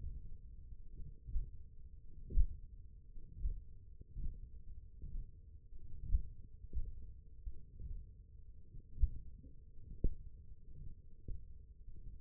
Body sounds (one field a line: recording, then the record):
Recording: forearm muscle sounds (acoustic myography)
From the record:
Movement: hook grip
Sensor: system 1, eight BSWA MPA416 microphones around the upper forearm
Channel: 5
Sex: male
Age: 20 years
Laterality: left